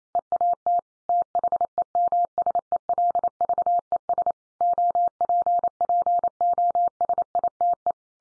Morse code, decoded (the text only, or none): EAT THEMSELVES OPPOSITE